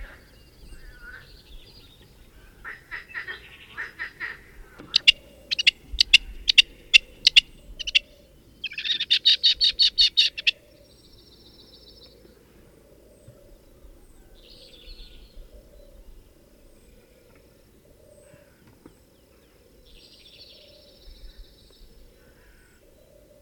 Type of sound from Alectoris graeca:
call